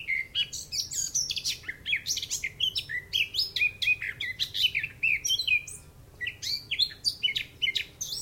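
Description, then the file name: Eurasian blackcap warbling song, a rapid jumble of bright slurred whistles and chattering notes, continuous apart from a short lull around six seconds. "Sylvia atricapilla"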